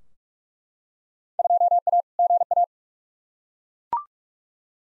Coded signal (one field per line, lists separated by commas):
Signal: Morse code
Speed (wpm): 42 wpm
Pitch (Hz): 700 Hz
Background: none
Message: 2A GA